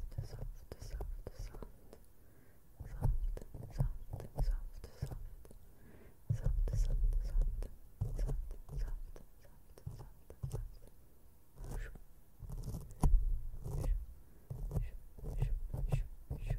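Soft brushing strokes sweep across a camera, each one a quick rustling swish with a dull low thump underneath. The strokes come in rapid, irregular bursts throughout, growing denser and louder around the middle and again near thirteen seconds, over a quiet background.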